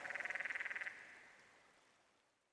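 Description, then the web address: Canyon frog call: one quick rattling trill of fast, even pulses lasting under a second, then a long, fading reverberant tail. "Dan Gibson's Solitudes Frog Song. Canyon Frog"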